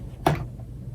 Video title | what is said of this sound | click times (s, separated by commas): Stampin' Cut & Emboss Machine by Stampin' Up! (Unboxing & Demonstration) | locks into place you can hear that click so that's great | 0.3 s